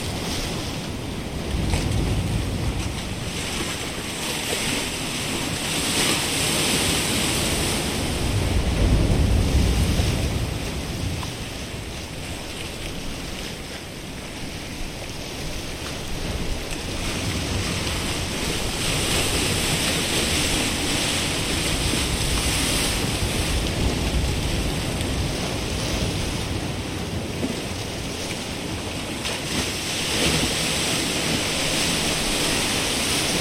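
Waves wash in a steady, dense rush of water that never quite stops, swelling slightly around ten seconds and easing near fifteen before building again. A low rumble and gusty wind buffeting run underneath, with a faint hiss held high throughout.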